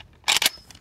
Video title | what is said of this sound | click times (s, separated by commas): Best Infantry Rifle: M14 vs. FAL | pull the trigger guard back until it clicks and the weapon is reassembled | 0.3 s, 0.5 s